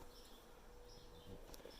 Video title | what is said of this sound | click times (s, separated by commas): Sunroom Project #3 | Snapped right in. | 1.5 s